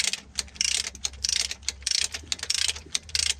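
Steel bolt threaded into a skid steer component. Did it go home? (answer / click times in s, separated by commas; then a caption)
no / 0.6 s. A steel bolt threaded into a skid steer component is tightened with a ratchet or torque wrench, giving repeated bursts of bright ratcheting clicks over a steady low hum, with a sharp click at 0.6 s. The bolt thread strips out before reaching its intended 40 foot-pounds of torque.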